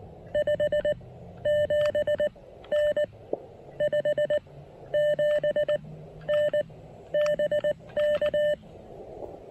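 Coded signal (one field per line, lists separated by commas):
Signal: Morse code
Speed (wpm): 17 wpm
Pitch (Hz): 600 Hz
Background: none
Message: 57N 57N BK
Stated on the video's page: Morse from a POTA park activation on 20 and 30 meters using an Elecraft KX1.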